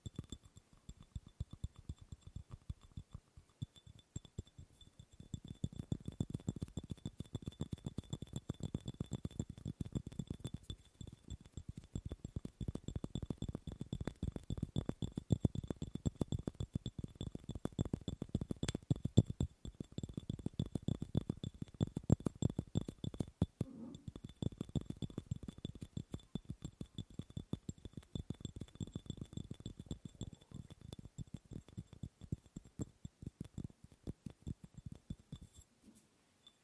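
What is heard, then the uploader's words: Rapid tapping on objects runs through the whole recording, dense trains of sharp low-pitched taps that come in bursts with brief pauses, near 5, 11, 24 and 33 seconds. Speed and loudness shift between passages. A faint steady high whine sits behind it. ASMR Fast & Slow Tapping on 6 Objects No Talking.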